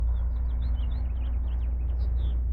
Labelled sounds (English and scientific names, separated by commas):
House Finch (Haemorhous mexicanus) song